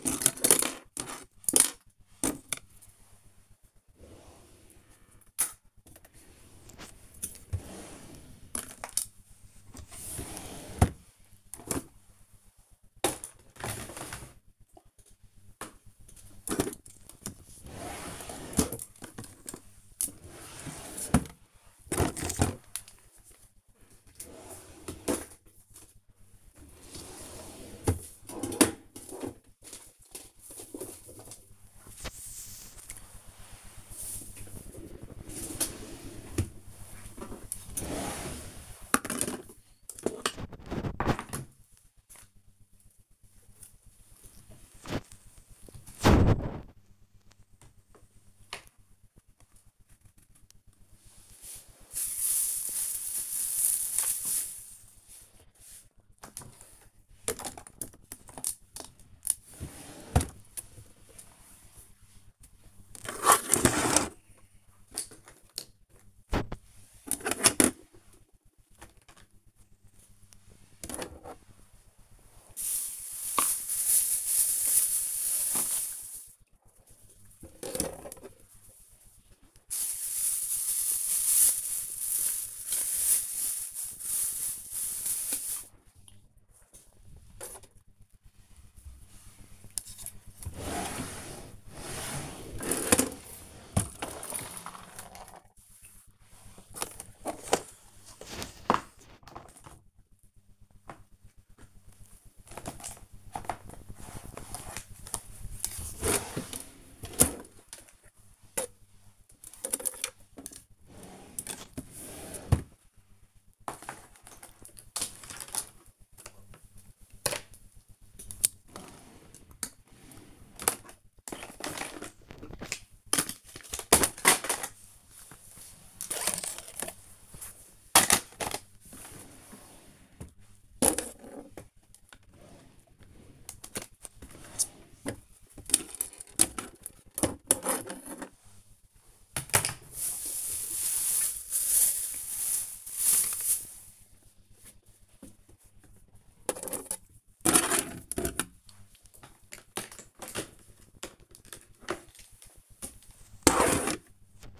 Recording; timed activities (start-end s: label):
household activities, microphone on the right wrist
0.00-41.32 s: tidy up the cupboard
42.34-154.60 s: tidy up the cupboard